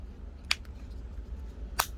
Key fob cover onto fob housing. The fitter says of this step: and press it until you hear click sound